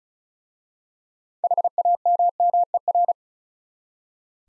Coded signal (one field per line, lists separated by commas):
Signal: Morse code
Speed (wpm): 36 wpm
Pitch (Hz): 700 Hz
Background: none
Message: HAMMER